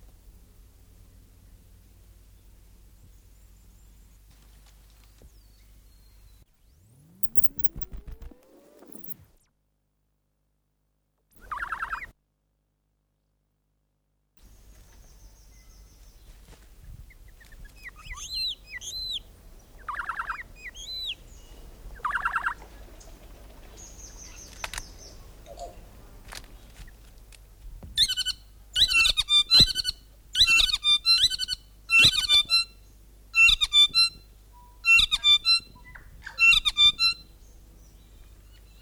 North Island saddleback/tīeke song.